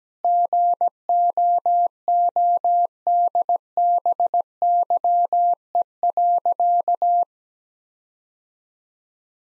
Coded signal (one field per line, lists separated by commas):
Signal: Morse code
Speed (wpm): 17 wpm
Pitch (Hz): 700 Hz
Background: none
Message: GOODBYE.